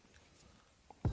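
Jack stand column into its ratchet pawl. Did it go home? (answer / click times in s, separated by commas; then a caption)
yes / 0.9 s, 1.1 s. On the second side of a right-hand-drive Integra, the steel ratchet column of a Harbor Freight jack stand is raised two notches so its pawl clicks into each, matching the first side to keep the car even. After near silence, a small sharp click comes at 0.9 s and a louder, fuller click at 1.1 s as the column seats in its second notch.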